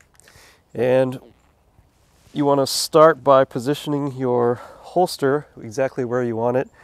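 The release on a KORE competition shooting belt's ratcheting buckle is operated to free the ratchet track so the belt can open, giving short, quiet clicks at 0.0 s and twice around 0.2 s. After a pause, someone talks for the rest of the clip.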